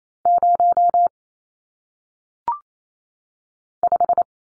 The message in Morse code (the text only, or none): 0 5